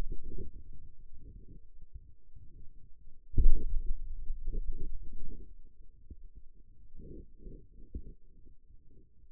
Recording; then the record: forearm muscle sounds (acoustic myography)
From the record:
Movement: finger pinch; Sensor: system 2, bracelet of six BSWA MPA416 microphones around the upper forearm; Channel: 3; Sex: male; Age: 22 years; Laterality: right